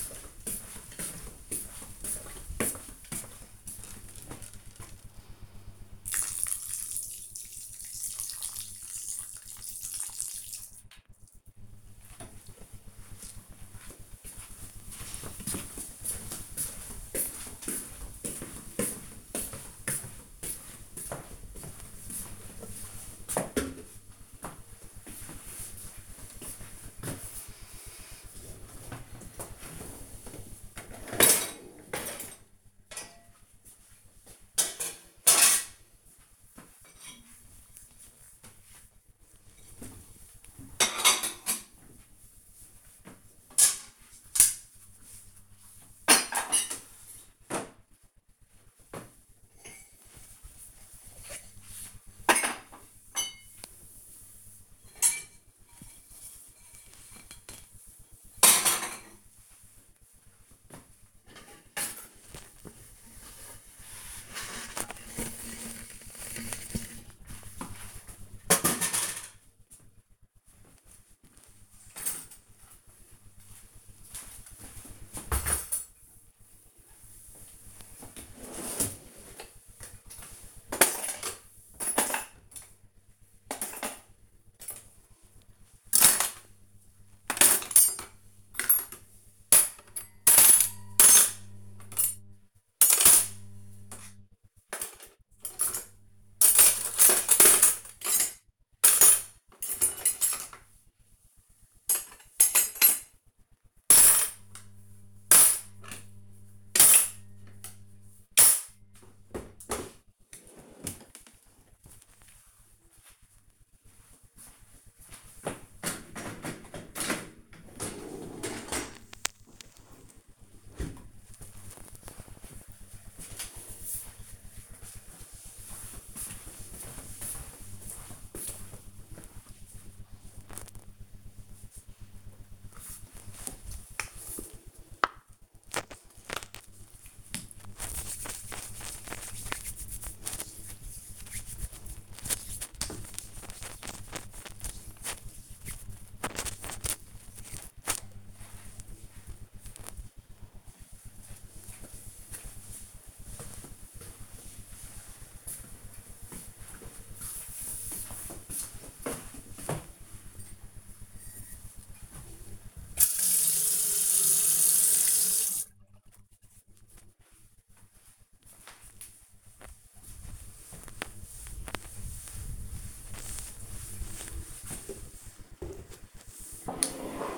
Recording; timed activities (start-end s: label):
household activities, microphone on the right wrist
0.00-13.05 s: watering plant
26.15-119.91 s: cleaning out the dishwasher
131.97-147.08 s: cream hands
160.18-177.38 s: cleaning table